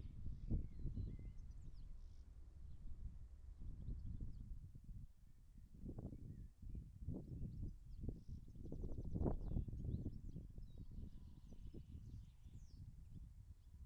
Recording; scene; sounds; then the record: everyday scene through a hearing-aid microphone; wind on the microphone; wind, birds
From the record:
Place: in front of a rural house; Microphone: behind the ear, left, front